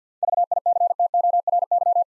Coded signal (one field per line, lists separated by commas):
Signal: Morse code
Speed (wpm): 47 wpm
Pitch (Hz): 700 Hz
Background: none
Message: VICTORY